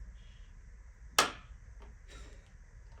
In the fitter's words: hear that snap.